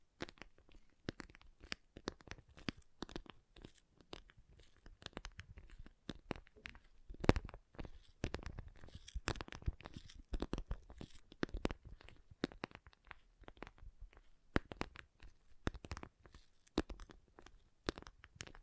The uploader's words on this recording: ASMR Soothing & Deep Water Beads Sounds (No Talking).